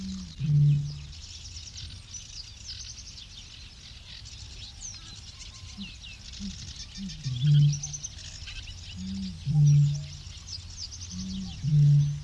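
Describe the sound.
Bittern booming: deep, hollow low booms preceded by short gulping intakes, four booms throughout, while small birds chirp and twitter in the background.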